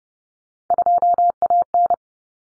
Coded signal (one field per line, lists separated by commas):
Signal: Morse code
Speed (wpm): 30 wpm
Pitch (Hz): 700 Hz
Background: none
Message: 2AN